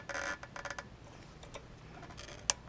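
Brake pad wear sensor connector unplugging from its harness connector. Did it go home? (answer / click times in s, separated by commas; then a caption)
released / 2.5 s. The small locking tab on a plastic brake pad wear sensor connector from the rear brakes of a Porsche Cayenne Turbo is pressed back to unplug it from its harness connector. Soft clicks and rustles come between 0.1 and 0.8 seconds, then a sharp click at 2.5 seconds as the latch releases and the connector slides off.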